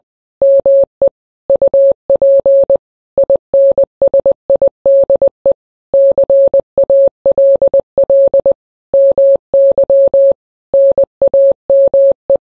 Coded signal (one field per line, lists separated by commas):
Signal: Morse code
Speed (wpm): 20 wpm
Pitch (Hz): 550 Hz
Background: none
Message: ME UP INSIDE CALL MY NAME